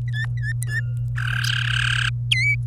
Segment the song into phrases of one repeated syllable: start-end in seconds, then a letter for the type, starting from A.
0.08-0.80 A, 1.18-2.09 B, 2.31-2.55 C